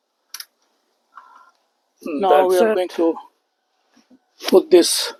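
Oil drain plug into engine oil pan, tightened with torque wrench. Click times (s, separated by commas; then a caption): 0.3 s. A torque wrench tightens the oil drain plug into the engine oil pan of a 2010–2016 Dodge Grand Caravan 3.6 L, after hand-threading, to 18 ft-lb. A sharp click at 0.4 s marks the wrench reaching its setting, followed by faint lighter clicks. Someone then talks.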